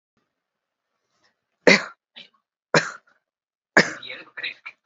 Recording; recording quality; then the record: shallow voluntary cough; excellent, no background noise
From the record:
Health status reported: healthy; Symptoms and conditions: none ticked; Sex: female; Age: 63 years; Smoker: not ticked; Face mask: not worn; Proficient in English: yes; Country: India